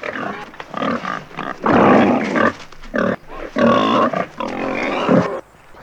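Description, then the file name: Wild boar producing a series of harsh squealing grunts in irregular bursts, several loud noisy calls broken by brief quiet gaps. "dzik"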